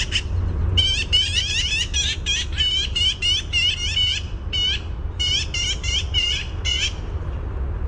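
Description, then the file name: Black-billed magpie giving a long, harsh rattling chatter in rapid bursts with one short pause midway, over low background rumble. "BBMA chatter clear"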